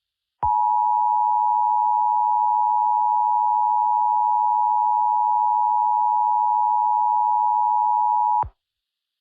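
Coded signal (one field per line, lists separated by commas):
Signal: Emergency Alert System (SAME) tones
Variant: 853 and 960 Hz attention tone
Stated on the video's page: Fictional zombie scenario alert, not a real warning.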